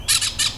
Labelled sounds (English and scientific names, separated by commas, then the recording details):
Brown-throated Parakeet (Eupsittula pertinax) contact call
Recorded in Venezuela
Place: Cerro Saroche, Hato Dalmatela, Edo. Lara
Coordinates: 10.149, -69.534